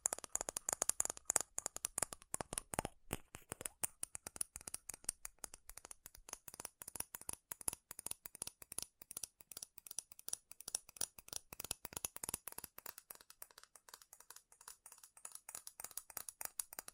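Fast, furious metal tapping in dense, rapid clicks that run nonstop throughout, bright and sharp, easing slightly in density toward the end.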